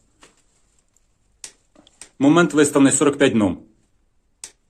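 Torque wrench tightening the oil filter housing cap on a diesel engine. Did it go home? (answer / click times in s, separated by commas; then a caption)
yes / 4.4 s. A torque wrench set to 45 Nm tightens the plastic oil filter housing cap, fitted with a Toyota 04152-YZZA5 oil filter, on a 2007 Toyota Corolla Verso 2.2 diesel engine. A few faint ticks are followed by someone talking, and then a sharp click at 4.4 s shows the wrench has reached its setting and the cap is tightened.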